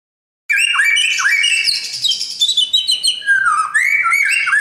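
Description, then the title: Oriental magpie-robin pouring out a dense, varied warble of whistles, slurred notes and buzzy phrases without pause. Chirping song. "Kicau Kacer"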